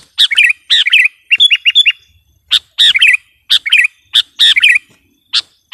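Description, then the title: Sooty-headed bulbul singing short, bubbly phrases of slurred chirps, separated by brief gaps, with a few single sharp notes. "kutilang"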